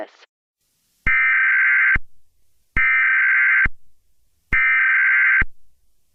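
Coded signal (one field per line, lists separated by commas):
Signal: Emergency Alert System (SAME) tones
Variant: header bursts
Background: speech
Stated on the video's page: Valid EAS tones in a fictional EAS scenario about gas attacks in Atlanta.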